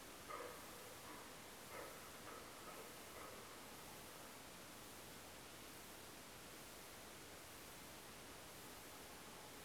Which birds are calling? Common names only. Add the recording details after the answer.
none. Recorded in France